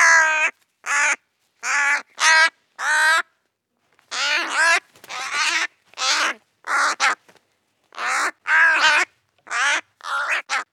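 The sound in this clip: Crow cawing in hoarse, nasal bursts, some short and clipped, others drawn out, in quick irregular runs separated by silence.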